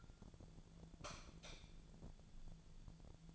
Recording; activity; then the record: daily activity, microphone in the room; light off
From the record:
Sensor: 5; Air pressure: 1000.1 hPa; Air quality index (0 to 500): 99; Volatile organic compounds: 1 ppm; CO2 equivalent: 801 ppm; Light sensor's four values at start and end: 169/406/172/188 and 164/390/165/181